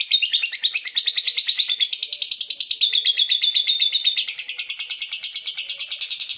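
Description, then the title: Lovebird chattering, a dense, unbroken twitter of rapid, shrill notes that wavers up and down in pitch. Lovebird's style of calling shown as clever 'baiting' (memancing), prompting other birds to sing. "Dari Gayanya Lovebird Ini Terlihat Pintar Sekali Memancing"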